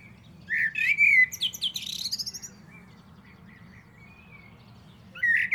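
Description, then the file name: Common blackbird song: a fluted warble tumbling into high twitters, then quiet with faint notes, before another phrase begins at the end. "Turdus merula"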